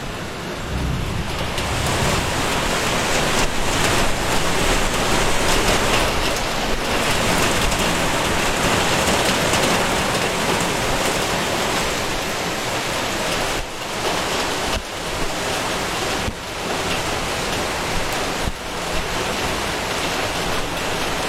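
Rain falls in a dense, steady hiss that fills everything from low rumble to bright crackle, its loudness holding nearly even throughout. Brief dips in the wash occur around 14, 15 and 16 seconds, and a low rumble swells briefly near the start.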